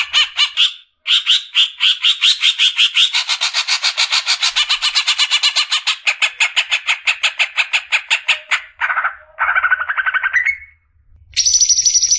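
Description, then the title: Greater green leafbird cackling song: a long, rapid run of harsh, buzzy notes, ending in a few short whistled and chattering phrases. Long cackling song style (ngekek panjang), used as a master recording for training songbirds for singing contests. "mster Mnuk. MASTERAN CUCAK IJO NGEKEK PANJANG COCOK BAGI YANG MAU TARUNG KICAU"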